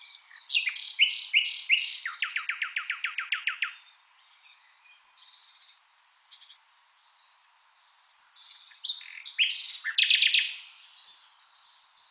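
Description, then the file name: Common nightingale song: a fast, even series of repeated notes for about two seconds, a pause with soft notes, then a louder jumble of varied whistles and buzzy notes. "Luscinia megarhynchos"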